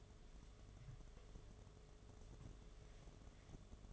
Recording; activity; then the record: daily activity, microphone in the room; take from stove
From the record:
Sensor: 4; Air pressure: 1011.2 hPa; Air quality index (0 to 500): 141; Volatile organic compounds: 3 ppm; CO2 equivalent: 1441 ppm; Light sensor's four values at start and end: 228/596/252/264 and 205/535/226/236